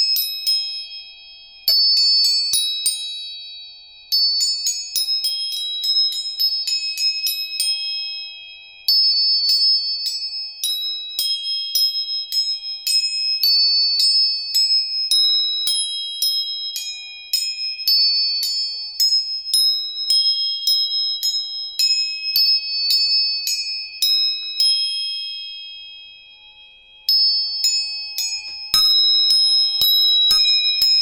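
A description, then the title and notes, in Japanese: Tuning forks are struck again and again, each giving a high, clear, bell-like ring that lingers and slowly fades. New strikes land every second or so with a sharp tap, with a short lull around 26 seconds and a faint low knock near the end. 音叉チューニング全体性。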